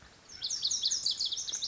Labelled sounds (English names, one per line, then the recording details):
Lazuli Bunting
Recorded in Sonoma County, California